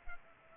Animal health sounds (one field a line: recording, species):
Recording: mosquito wingbeat signal from an infrared sensor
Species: Culex pipiens